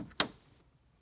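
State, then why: Seated. An optical (TOSLINK) audio cable plug is pushed into the optical output jack on the back of the TV. A single sharp click at 0.2 s shows it seating, followed by a quick decay into near silence.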